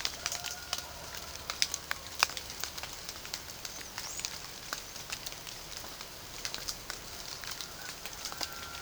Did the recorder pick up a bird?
yes